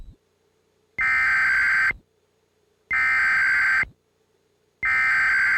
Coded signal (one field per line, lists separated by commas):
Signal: Emergency Alert System (SAME) tones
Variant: header bursts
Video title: EAS Required Monthly Test – Wisconsin (12/4/2002)